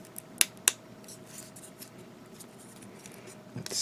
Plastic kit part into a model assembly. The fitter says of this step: we have this part that goes back here that snaps into place like so good